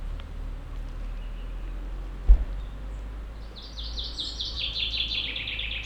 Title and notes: Montcel, Chambéry, Savoie, Auvergne-Rhône-Alpes, France métropolitaine, 73100, France - Pinson. Dans la forêt un pinson envoie sa ritournelle on entends aussi des insectes volants passer rapidement . Captation binaurale